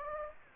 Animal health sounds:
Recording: mosquito wingbeat signal from an infrared sensor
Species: Anopheles gambiae

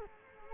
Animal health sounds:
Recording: mosquito wingbeat signal from an infrared sensor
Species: Culex quinquefasciatus

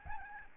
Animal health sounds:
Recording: mosquito wingbeat signal from an infrared sensor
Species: Aedes albopictus

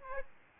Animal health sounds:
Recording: mosquito wingbeat signal from an infrared sensor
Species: Aedes albopictus

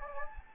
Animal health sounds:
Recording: mosquito wingbeat signal from an infrared sensor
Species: Anopheles gambiae

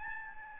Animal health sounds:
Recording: mosquito wingbeat signal from an infrared sensor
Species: Aedes albopictus

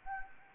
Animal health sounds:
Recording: mosquito wingbeat signal from an infrared sensor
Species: Anopheles gambiae

